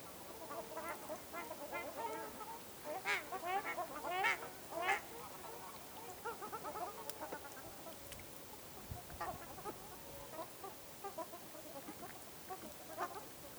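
Ruddy shelducks calling in a group, a louder cluster of harsh nasal honks in the first half, softer honking before and after.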